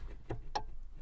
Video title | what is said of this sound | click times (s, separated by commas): Purge Valve Replacement on 2009 Ford Ranger | there we go heard a little click that was a tab | 0.6 s